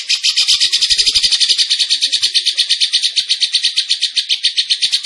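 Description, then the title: Bird song as one unbroken, harsh, high-pitched rattle of rapid pulses throughout. Masteran training recording of a tembakan bird singing energetically (gacor); Indonesia. "Masteran Burung Tembakan Gacor"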